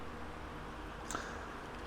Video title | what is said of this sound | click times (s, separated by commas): BMW R1250GSA DENALI D7 & S4 INSTALLATION | you push that on there and take clicks and the | 1.1 s, 1.2 s